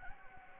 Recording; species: mosquito wingbeat signal from an infrared sensor; Anopheles gambiae